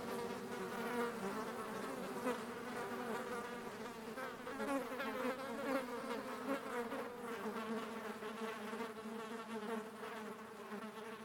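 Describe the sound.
Fly: a swarm of flies making a continuous, dense buzzing drone with many overlapping wingbeat hums.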